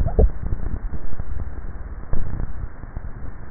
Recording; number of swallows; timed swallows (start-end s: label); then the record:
swallowing sounds by neck microphone; 2
0.22-1.12 s: swallow
2.28-3.35 s: swallow
From the record:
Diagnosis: dysphagia